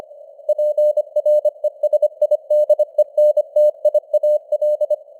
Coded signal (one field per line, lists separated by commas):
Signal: Morse code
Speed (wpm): 25 wpm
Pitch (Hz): 600 Hz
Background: none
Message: PRESIDENTIAL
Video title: Morse Code News | 2025-12-22 | 25wpm